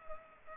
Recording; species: mosquito wingbeat signal from an infrared sensor; Culex pipiens